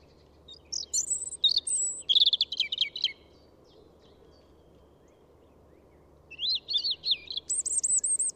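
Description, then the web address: European robin song: two tinkling phrases of high, thin, rapidly changing notes, the first ending in a rapid trill, separated by about three seconds of quiet. "SETE Erithacus rubecula"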